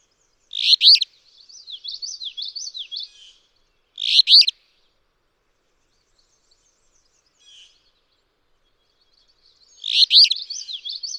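Alder flycatcher song: three short, loud, burry phrases separated by pauses of several seconds, with quieter runs of notes after the first and last.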